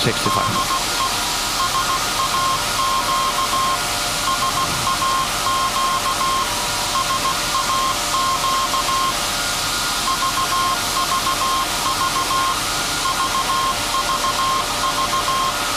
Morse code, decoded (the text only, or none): DE SAQ SAQ SAQ VVV VVV